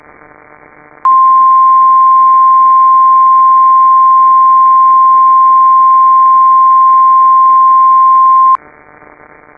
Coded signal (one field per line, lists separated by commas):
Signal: Emergency Alert System (SAME) tones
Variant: 1050 Hz attention tone